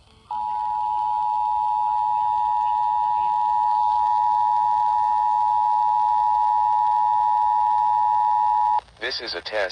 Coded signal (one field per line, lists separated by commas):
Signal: Emergency Alert System (SAME) tones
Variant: 853 and 960 Hz attention tone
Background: speech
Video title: Week of Required Monthly Tests EAS in Washington State(3-8-2021 ~ 3-12-2021)